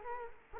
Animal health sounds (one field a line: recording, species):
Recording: mosquito wingbeat signal from an infrared sensor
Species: Culex quinquefasciatus